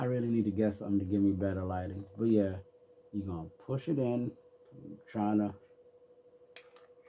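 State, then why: Seated. Someone talks while pushing a small memory card into the card slot behind a cover on a DVC IR 2 7K camcorder. A sharp, short click comes at 6.6 s, followed by a fainter tick at 6.8 s, as the card seats in the slot.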